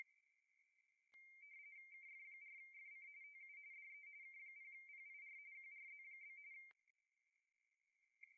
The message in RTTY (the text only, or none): KF4FC TU DE K0PIR QRZ?